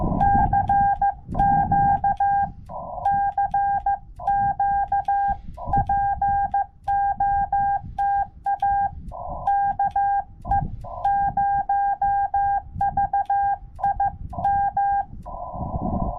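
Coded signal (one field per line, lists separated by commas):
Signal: Morse code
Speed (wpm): 14 wpm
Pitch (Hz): 800 Hz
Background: none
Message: CQ CQ POTA KE0VIM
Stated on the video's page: CW sent with paddles on a Yaesu FT-891 at 25 watts during a SOTA summit activation, using a 17-ft whip antenna on a tripod.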